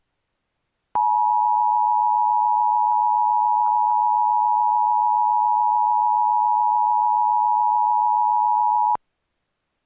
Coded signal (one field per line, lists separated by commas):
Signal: Emergency Alert System (SAME) tones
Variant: 853 and 960 Hz attention tone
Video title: Portland Oregon/Vancouver Washington EAS: Required Monthly Test 01/07/20 10:15 AM PDT